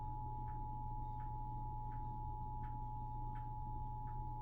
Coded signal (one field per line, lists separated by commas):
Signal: Emergency Alert System (SAME) tones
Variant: 853 and 960 Hz attention tone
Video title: eas rwt Eas#85